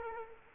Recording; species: mosquito wingbeat signal from an infrared sensor; Culex quinquefasciatus